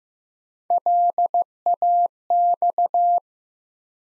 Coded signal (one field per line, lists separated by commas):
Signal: Morse code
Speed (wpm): 15 wpm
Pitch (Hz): 700 Hz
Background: none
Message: LAX